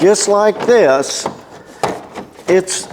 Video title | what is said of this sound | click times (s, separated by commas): I Found a Broken Dehumidifier in the Trash… Can It Be Saved? | it's those nubbing right there that cause me the issues because they snap into place | 1.8 s